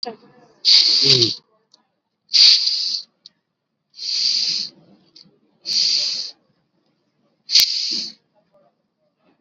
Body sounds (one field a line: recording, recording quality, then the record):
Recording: deep breathing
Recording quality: excellent, no background noise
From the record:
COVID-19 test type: RT-PCR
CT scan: not taken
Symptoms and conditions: none ticked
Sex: male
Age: 18 years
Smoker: yes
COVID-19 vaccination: both doses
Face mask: worn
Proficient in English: yes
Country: India